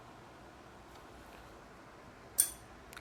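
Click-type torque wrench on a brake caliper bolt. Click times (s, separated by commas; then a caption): 2.4 s. A click-type torque wrench tightens a rear brake caliper fastener on a Honda CBX motorcycle. After a quiet stretch, it gives one sharp click at 2.4 s, followed by a fainter tick near 3.0 s. The click marks the wrench breaking over at its set torque, so the fastener has reached spec.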